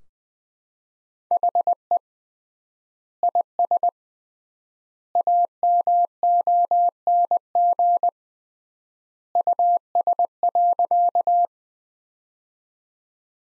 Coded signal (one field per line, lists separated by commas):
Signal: Morse code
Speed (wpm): 20 wpm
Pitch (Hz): 700 Hz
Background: none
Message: HE IS AMONG US.